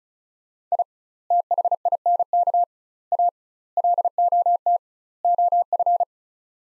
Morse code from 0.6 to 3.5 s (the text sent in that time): I THINK A